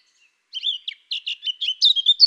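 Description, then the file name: Eurasian blackcap song phrase of quick, scratchy and whistled notes in a steady sequence, getting louder toward the end. "Sylvia atricapilla"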